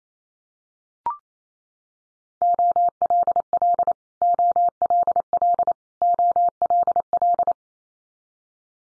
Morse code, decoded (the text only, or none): OLL OLL OLL